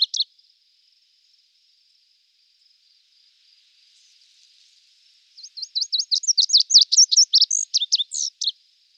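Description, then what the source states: Snow Bunting song: after a brief opening note and a long quiet stretch, a fast burst of high, rapid twittering notes lasting about three seconds. Played as a 'who is singing here?' quiz, then identified as the snow bunting (Plectrophenax nivalis).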